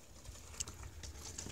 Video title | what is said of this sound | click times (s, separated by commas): Mercedes B class Sam Module DIY | Slide this thing here and snap into place. | 0.6 s